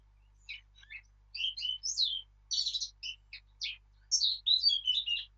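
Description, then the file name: Eurasian blackcap singing a hurried, varied warble of chattering notes, with brief pauses between phrases. "Sylvia atricapilla"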